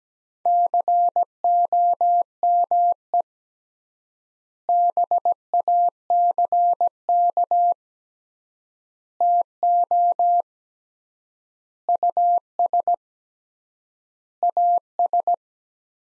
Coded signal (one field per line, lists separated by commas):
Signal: Morse code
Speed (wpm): 17 wpm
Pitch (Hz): 700 Hz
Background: none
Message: COME BACK TO US AS